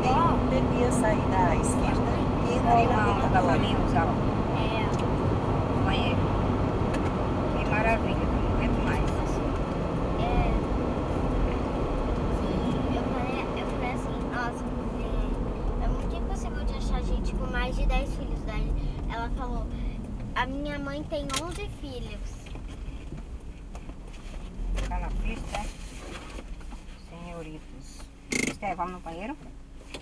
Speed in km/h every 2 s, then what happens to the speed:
96, 97, 93, 90, 78, 74, 69, 63, 52, 36, 20, 6, 7, 0, 0.
0-5 steady at about 96. 5-26 brakes to 0. 26-30 standing.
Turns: none.